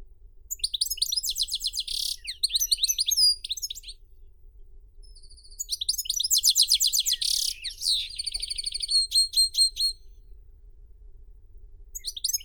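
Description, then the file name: European goldfinch song: two long bursts of fast, high twittering with trilled, buzzy notes, separated by a pause, then the start of another, over a faint low hum. "Golosa ptic - CSHegol Carduelis carduelis"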